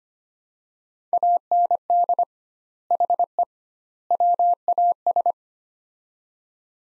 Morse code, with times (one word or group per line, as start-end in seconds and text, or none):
1.1-2.2 AND
2.9-3.4 HE
4.1-5.3 WAS